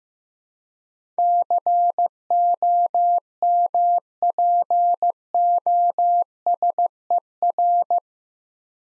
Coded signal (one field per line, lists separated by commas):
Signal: Morse code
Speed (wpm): 15 wpm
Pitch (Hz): 700 Hz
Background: none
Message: COMPOSER